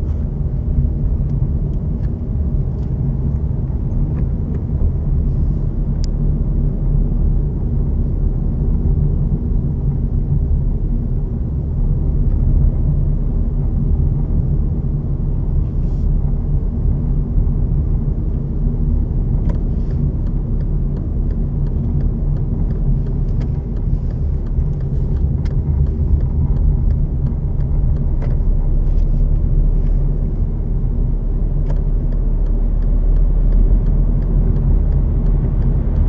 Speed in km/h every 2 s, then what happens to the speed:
20, 26, 29, 28, 30, 32, 33, 30, 30, 31, 31, 31, 31, 32, 30, 28, 25, 30.
0-11 speeds up to 33. 11-26 steady at about 31. 26-31 slows to 25.